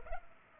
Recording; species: mosquito wingbeat signal from an infrared sensor; Culex pipiens